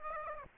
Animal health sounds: mosquito wingbeat signal from an infrared sensor; Aedes aegypti

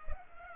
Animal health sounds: mosquito wingbeat signal from an infrared sensor; Culex pipiens

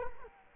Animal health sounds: mosquito wingbeat signal from an infrared sensor; Culex quinquefasciatus

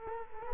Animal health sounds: mosquito wingbeat signal from an infrared sensor; Culex quinquefasciatus

